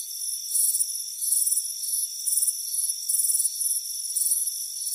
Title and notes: Soothing Crickets Chirping Sound. It's a warm afternoon as you relax in a hammock on the front porch. Relax and fall asleep to the soothing sound of chirping crickets